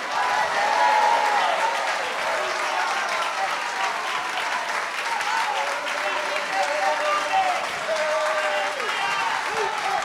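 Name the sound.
audience applauding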